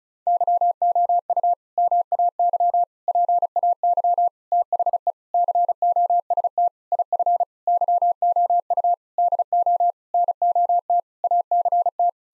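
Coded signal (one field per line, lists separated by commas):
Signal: Morse code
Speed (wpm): 34 wpm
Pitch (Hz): 700 Hz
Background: none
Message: YOU MAY PAY THE COST IF YOU DO NOT ACT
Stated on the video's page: Morse practice sentences built from common eight-word phrases at 35 wpm, each sent, then spoken, then sent again for head-copy.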